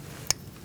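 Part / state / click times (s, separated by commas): wiring harness connector into ignition coil / seated / 0.3 s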